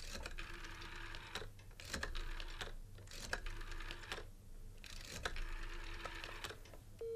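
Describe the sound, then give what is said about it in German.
A telephone being dialed: a run of mechanical clicks and whirring with short tonal beeps, repeating in bursts of about a second each, steady and moderately quiet, with no talking. “Ich muss noch mal telefonieren.”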